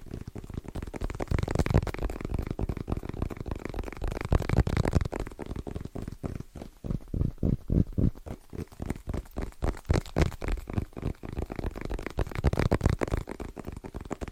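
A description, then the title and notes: Fast, rhythmic tapping on random objects, a dense run of sharp knocks with a deep, hollow thump underneath. The strikes come in quick bursts, growing crisper and more evenly spaced after about six seconds, with brief gaps between flurries. ASMR Fast & Rhythmic Tapping on Random Objects (No Talking).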